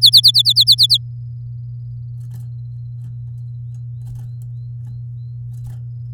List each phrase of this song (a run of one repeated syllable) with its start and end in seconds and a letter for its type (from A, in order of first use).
0.01-0.98 A